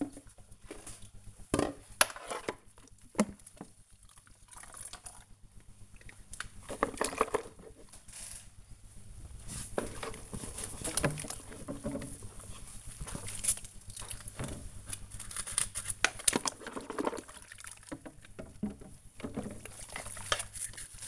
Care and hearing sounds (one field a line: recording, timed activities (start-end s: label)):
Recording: household activities, microphone on the right wrist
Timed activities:
0.00-21.08 s: washing dishes